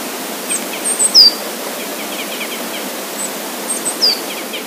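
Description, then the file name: Crossbill calls: short, sharp, high downslurred chips in small bursts near the start and again near the end, with fainter chirps between, over steady rushing noise. "isuka"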